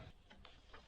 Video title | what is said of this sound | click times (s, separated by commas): Discovery 3 Oil Pump Full DIY Install | oh it didn't click for my video | none